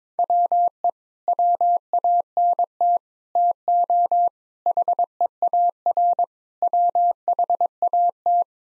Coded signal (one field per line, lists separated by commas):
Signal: Morse code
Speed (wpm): 22 wpm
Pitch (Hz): 700 Hz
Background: none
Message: WE WANT TO HEAR WHAT